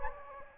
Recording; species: mosquito wingbeat signal from an infrared sensor; Anopheles gambiae